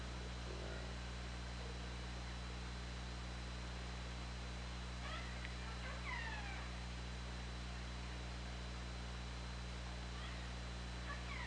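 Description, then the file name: Killer whale pulsed calls, a pair of descending harmonic cries midway and fainter ones near the end, set against hissing noise and low hum. OrcaLab hydrophone, 24 August 2017, around 20:19. "Orca Lab 20170824 201931"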